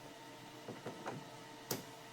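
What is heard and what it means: A fuel line quick-connect that had not latched, because it was not pushed down all the way, is pushed down onto its fuel fitting on the engine. Short clicks sound at 1.1 s and 1.7 s, the second one louder and sharper. The quick-connect clicks home and is seated.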